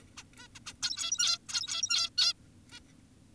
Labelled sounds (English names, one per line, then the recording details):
Zebra Finch
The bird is an adult
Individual g17y2U